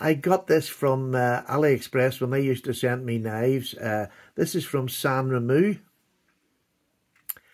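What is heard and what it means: A rotating belt clip on a knife sheath is turned and locks in place. Someone talks for the first six seconds, then after a brief silence a loud, sharp click sounds at 7.3 s as the clip seats.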